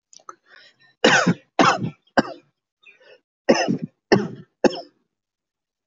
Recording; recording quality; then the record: shallow voluntary cough; excellent, no background noise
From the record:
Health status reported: healthy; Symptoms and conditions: none ticked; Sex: male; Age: 40 years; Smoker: not ticked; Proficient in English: yes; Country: India